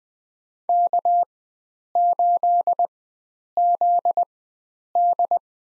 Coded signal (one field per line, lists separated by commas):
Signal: Morse code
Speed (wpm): 20 wpm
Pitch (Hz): 700 Hz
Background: none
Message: K8ZD